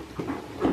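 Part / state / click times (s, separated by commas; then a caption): support arm of an airflow capture hood into its mounting bracket / not seated / none. A frame arm of a fabric CPS ABM EasyHood airflow-measuring capture hood is handled toward its plastic mounting bracket, making soft rustling and handling noises that swell around 0.2 s, 0.3 s and 0.65 s. Nothing has seated or clicked into place yet.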